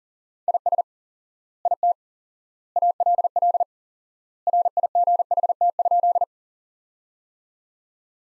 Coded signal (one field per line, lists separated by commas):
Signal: Morse code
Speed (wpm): 40 wpm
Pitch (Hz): 700 Hz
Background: none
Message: IS IT ALL RIGHT?